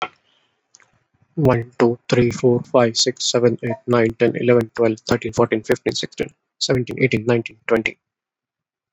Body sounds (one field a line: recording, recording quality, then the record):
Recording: counting at a fast pace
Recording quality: excellent, no background noise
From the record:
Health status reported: COVID-19 positive, mild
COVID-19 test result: positive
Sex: male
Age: 30 years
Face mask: worn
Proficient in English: yes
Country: India